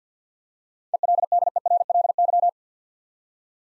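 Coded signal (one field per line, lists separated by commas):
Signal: Morse code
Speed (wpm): 53 wpm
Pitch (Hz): 700 Hz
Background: none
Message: ELDERLY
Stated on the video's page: Morse practice of 7-letter words at 50 wpm for head-copy training.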